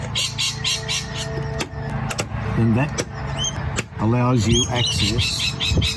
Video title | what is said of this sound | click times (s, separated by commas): Mazda BT 50 2020+ Head Unit Installation - M series | You'll hear the clips click, and | 1.6 s, 2.1 s, 2.2 s